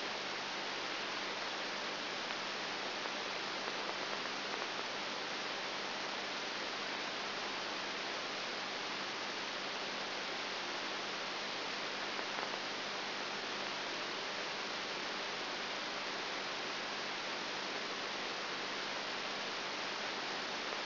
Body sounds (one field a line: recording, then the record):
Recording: brain microelectrode recording played as sound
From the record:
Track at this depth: outside the subthalamic nucleus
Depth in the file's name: 0.705 mm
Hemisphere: left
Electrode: 3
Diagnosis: Parkinson's disease